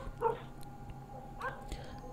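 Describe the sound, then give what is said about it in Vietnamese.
Stray dogs barking and squabbling across a field by the rubbish dump beside the market while a strong wind blows. They are heard as two short, whiny yelps about a second apart, fairly faint over a low steady background hum. “Mấy con chó hoang đang sủa nhấm nha nhấm nhặng ở bên kia cánh đồng, chỗ bãi rác bên cạnh chợ.”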